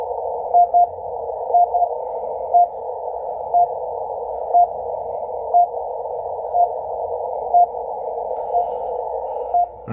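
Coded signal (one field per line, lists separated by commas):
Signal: radio time signal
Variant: RWM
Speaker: good signal rwm time signal station out of Moscow Russia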